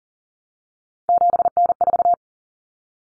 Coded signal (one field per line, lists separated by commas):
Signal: Morse code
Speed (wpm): 40 wpm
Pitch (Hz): 700 Hz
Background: none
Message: 7N4